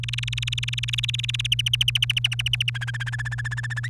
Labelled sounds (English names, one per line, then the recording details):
Domestic Canary song
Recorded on 29 April 2018 at 06:02
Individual llb3